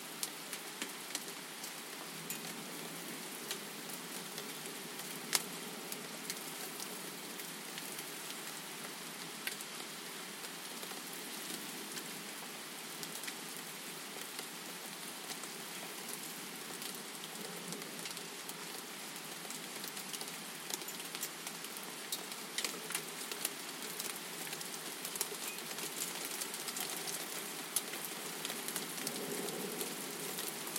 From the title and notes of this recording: Massive storm blew through. Set up the field recorder to capture it.